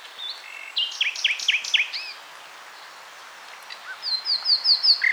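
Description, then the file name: Common nightingale song: repeated down-slurred whistles in a quick series, a pause, then a fast run of high notes. "Luscinia megarhynchos"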